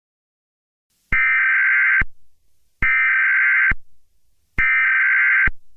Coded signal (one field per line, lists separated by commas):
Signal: Emergency Alert System (SAME) tones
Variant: header bursts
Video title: ALERT! ALERT! - Angel Rise: The Podcast Series Episode 36